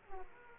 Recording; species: mosquito wingbeat signal from an infrared sensor; Aedes aegypti